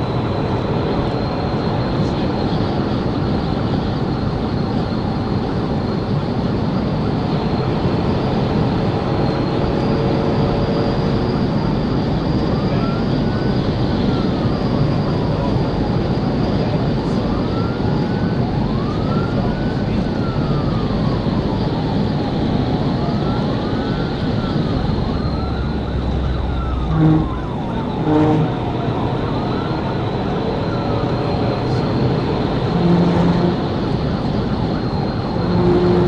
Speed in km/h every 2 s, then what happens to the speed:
179, 182, 184, 184, 193, 200, 200, 201, 201, 200, 200, 196, 187, 163, 174, 179, 187, 190.
0-10 speeds up to 200. 10-20 steady at about 200. 20-27 brakes to 163. 27-36 speeds up to 190.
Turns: none.